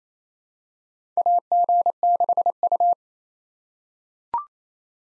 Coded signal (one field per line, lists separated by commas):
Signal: Morse code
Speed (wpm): 27 wpm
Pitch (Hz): 700 Hz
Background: none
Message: AG6U